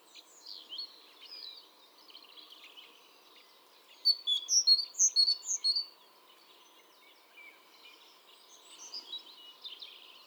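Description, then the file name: Great tit giving a short burst of sharp high chirps in the middle, with quieter twittering before and after and a constant low hum. "Parus major"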